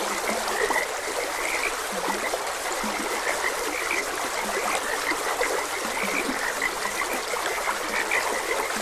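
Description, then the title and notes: Frog chorus with continuous overlapping croaks, occasional low calls, and the even rush of stream water behind. Frogs croaking beside a gentle stream. "Gentle Stream and Frogs Croaking. Sleep and Relaxation Podcast"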